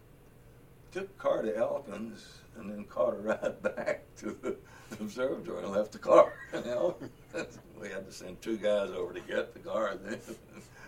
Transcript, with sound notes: took a car to Elkins and then caught a ride back to the observatory and left the car in Elkins [Laughing]. We had to send two guys over to get the car then,